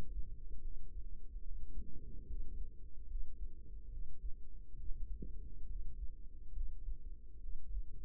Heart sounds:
heart sounds by microphone in the right ear; 71 bpm
0.61 s: heartbeat
1.42 s: heartbeat
2.26 s: heartbeat
3.06 s: heartbeat
3.88 s: heartbeat
4.76 s: heartbeat
5.66 s: heartbeat
6.52 s: heartbeat
7.40 s: heartbeat
From the record:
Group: healthy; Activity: rest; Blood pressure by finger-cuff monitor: 118/72 mmHg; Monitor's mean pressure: 90 mmHg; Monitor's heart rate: 74 bpm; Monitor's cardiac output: 5.7 L/min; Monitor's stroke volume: 77 mL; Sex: male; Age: 35 years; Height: 178 cm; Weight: 64 kg

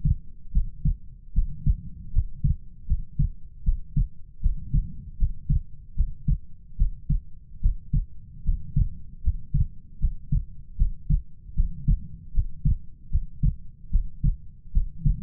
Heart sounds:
heart sounds by stethoscope; 76 bpm
0.52 s: heartbeat
1.33 s: heartbeat
2.11 s: heartbeat
2.86 s: heartbeat
3.63 s: heartbeat
4.41 s: heartbeat
5.17 s: heartbeat
5.95 s: heartbeat
6.76 s: heartbeat
7.60 s: heartbeat
8.43 s: heartbeat
9.22 s: heartbeat
9.99 s: heartbeat
10.76 s: heartbeat
11.54 s: heartbeat
12.32 s: heartbeat
13.10 s: heartbeat
13.90 s: heartbeat
14.72 s: heartbeat
From the record:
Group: healthy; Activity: rest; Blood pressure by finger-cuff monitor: 81/50 mmHg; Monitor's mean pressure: 61 mmHg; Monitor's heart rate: 77 bpm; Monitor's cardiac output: 6.8 L/min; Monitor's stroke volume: 90 mL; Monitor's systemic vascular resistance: 630 dyn s/cm5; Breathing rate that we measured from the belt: 18 breaths a minute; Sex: female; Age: 19 years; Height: 163 cm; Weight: 48.9 kg

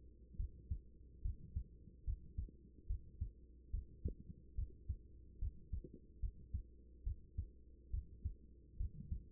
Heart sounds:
heart sounds by stethoscope; 71 bpm
0.36 s: heartbeat
1.22 s: heartbeat
2.04 s: heartbeat
2.87 s: heartbeat
3.70 s: heartbeat
4.55 s: heartbeat
5.39 s: heartbeat
6.20 s: heartbeat
7.03 s: heartbeat
7.90 s: heartbeat
8.77 s: heartbeat
From the record:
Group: healthy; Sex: female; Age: 24 years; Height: 163 cm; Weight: 55.7 kg

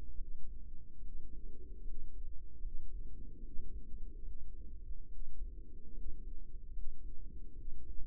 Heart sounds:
heart sounds by microphone in the right ear; 73 bpm
0.13 s: heartbeat
0.98 s: heartbeat
1.80 s: heartbeat
2.57 s: heartbeat
3.38 s: heartbeat
4.21 s: heartbeat
5.05 s: heartbeat
5.90 s: heartbeat
6.69 s: heartbeat
7.51 s: heartbeat
From the record:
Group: healthy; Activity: rest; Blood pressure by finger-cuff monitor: 146/90 mmHg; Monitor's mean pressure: 105 mmHg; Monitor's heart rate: 73 bpm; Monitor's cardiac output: 6.2 L/min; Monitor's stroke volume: 84 mL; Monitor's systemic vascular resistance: 1270 dyn s/cm5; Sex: female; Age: 22 years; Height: 171 cm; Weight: 65.6 kg

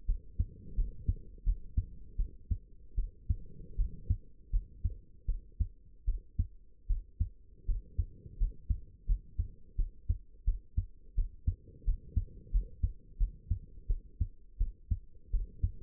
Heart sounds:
heart sounds by stethoscope; 83 bpm
0.07 s: heartbeat
0.76 s: heartbeat
1.44 s: heartbeat
2.17 s: heartbeat
2.96 s: heartbeat
3.77 s: heartbeat
4.51 s: heartbeat
5.27 s: heartbeat
6.06 s: heartbeat
6.88 s: heartbeat
7.66 s: heartbeat
8.38 s: heartbeat
9.07 s: heartbeat
9.77 s: heartbeat
10.45 s: heartbeat
11.16 s: heartbeat
11.85 s: heartbeat
12.52 s: heartbeat
13.18 s: heartbeat
13.88 s: heartbeat
14.58 s: heartbeat
15.31 s: heartbeat
From the record:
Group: healthy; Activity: rest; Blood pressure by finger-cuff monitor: 91/51 mmHg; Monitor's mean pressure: 66 mmHg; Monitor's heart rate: 84 bpm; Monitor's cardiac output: 8 L/min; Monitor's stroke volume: 94 mL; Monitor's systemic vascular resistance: 580 dyn s/cm5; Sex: female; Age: 22 years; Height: 161 cm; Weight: 65.5 kg

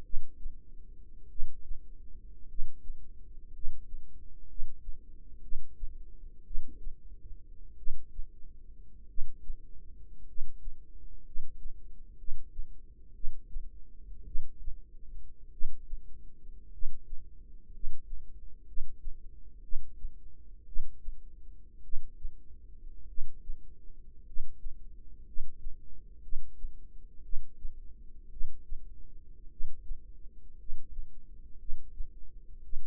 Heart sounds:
heart sounds by microphone in the right ear; 55 bpm
0.01 s: heartbeat
1.27 s: heartbeat
2.46 s: heartbeat
3.50 s: heartbeat
4.45 s: heartbeat
5.39 s: heartbeat
6.42 s: heartbeat
7.75 s: heartbeat
9.05 s: heartbeat
10.24 s: heartbeat
11.22 s: heartbeat
12.15 s: heartbeat
13.12 s: heartbeat
14.23 s: heartbeat
15.49 s: heartbeat
16.69 s: heartbeat
17.70 s: heartbeat
18.64 s: heartbeat
19.60 s: heartbeat
20.64 s: heartbeat
21.81 s: heartbeat
23.05 s: heartbeat
24.23 s: heartbeat
25.23 s: heartbeat
26.20 s: heartbeat
27.21 s: heartbeat
28.28 s: heartbeat
29.48 s: heartbeat
30.56 s: heartbeat
31.56 s: heartbeat
32.60 s: heartbeat
From the record:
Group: healthy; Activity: cold pressor test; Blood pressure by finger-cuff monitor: 112/47 mmHg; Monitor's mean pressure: 68 mmHg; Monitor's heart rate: 55 bpm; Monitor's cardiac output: 6.5 L/min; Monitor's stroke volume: 118 mL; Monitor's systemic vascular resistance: 740 dyn s/cm5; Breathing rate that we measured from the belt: 9 breaths a minute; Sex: male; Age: 25 years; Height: 170 cm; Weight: 70.4 kg

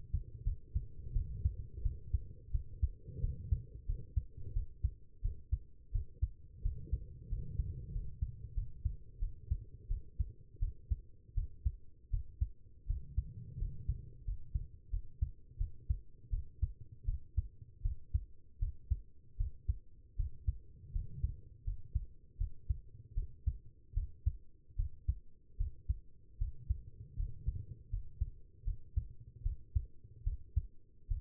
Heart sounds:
heart sounds by stethoscope; 82 bpm
0.44 s: heartbeat
1.13 s: heartbeat
1.83 s: heartbeat
2.52 s: heartbeat
3.21 s: heartbeat
3.86 s: heartbeat
4.53 s: heartbeat
5.22 s: heartbeat
5.92 s: heartbeat
6.62 s: heartbeat
7.29 s: heartbeat
7.92 s: heartbeat
8.55 s: heartbeat
9.20 s: heartbeat
9.88 s: heartbeat
10.60 s: heartbeat
11.35 s: heartbeat
12.11 s: heartbeat
12.87 s: heartbeat
13.59 s: heartbeat
14.25 s: heartbeat
14.91 s: heartbeat
15.58 s: heartbeat
16.30 s: heartbeat
17.05 s: heartbeat
17.82 s: heartbeat
18.59 s: heartbeat
19.37 s: heartbeat
20.16 s: heartbeat
20.93 s: heartbeat
21.64 s: heartbeat
22.38 s: heartbeat
23.14 s: heartbeat
23.94 s: heartbeat
24.76 s: heartbeat
25.57 s: heartbeat
26.38 s: heartbeat
27.16 s: heartbeat
27.90 s: heartbeat
28.64 s: heartbeat
29.43 s: heartbeat
30.24 s: heartbeat
31.08 s: heartbeat
From the record:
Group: healthy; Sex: female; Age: 19 years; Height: 163 cm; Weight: 51 kg

